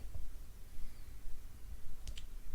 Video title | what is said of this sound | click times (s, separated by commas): Ep 45: Gunpla Tutorial & Building | snaps right in | 2.1 s, 2.2 s